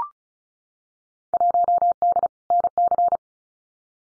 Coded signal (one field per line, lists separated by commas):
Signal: Morse code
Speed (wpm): 36 wpm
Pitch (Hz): 700 Hz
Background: none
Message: 1D NC